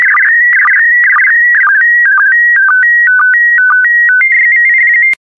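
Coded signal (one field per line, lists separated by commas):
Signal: SSTV (slow-scan television)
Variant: PD120 mode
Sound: steady whistling tone jumping between pitches with short low blips, then stops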